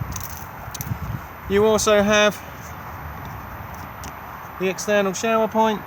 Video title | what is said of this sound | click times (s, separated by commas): Benimar Tessoro 486 outside | on the collar push it up and it will then pop back out again | 0.2 s